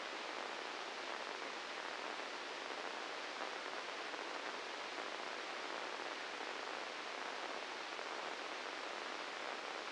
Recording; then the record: brain microelectrode recording played as sound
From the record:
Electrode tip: inside the subthalamic nucleus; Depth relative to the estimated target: -2 mm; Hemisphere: right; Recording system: NeuroSet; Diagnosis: Parkinson's disease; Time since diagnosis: 13 years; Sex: male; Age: 66 years